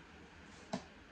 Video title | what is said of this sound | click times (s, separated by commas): Thrive Life NEW Product: Emergency Meal Bucket full review & opening | maybe I'm just not pushing it hard enough, because that did snap, that corner. | 0.7 s